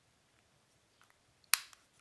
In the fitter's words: Pressing the battery down further and making sure that this locks in place.